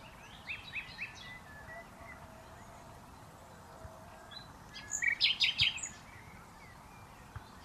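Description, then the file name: Common nightingale song: a few soft notes early on, then a loud phrase of rapid, sharp repeated notes later, with quiet background. "Luscinia megarhynchos"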